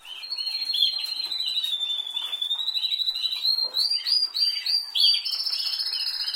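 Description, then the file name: Canary song opening with a long, even high trill, then a series of clipped upslurred notes and a final harsh buzz, with background chirps. "Canary Voice"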